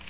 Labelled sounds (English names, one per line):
Nashville Warbler flight call